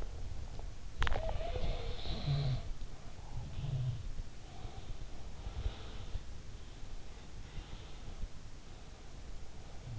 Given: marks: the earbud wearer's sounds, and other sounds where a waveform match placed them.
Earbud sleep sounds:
sounds in sleep by an in-ear microphone; teeth grinding
0.00-1.63 s: teeth grinding
0.99-4.07 s: sound from someone else or the room
4.38-6.26 s: sound from someone else or the room

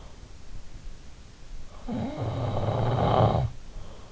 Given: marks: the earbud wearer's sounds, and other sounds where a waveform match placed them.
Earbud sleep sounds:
sounds in sleep by an in-ear microphone; snoring breath
1.15-4.07 s: snoring breath

